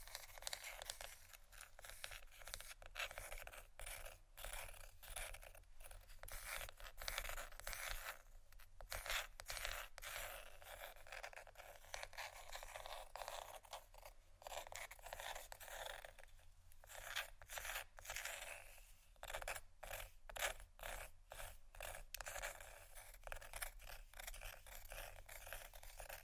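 ASMR scratchy tapping: dense, continuous scraping and scratching with quick irregular taps throughout, bright and crackly, with a faint low hum underneath.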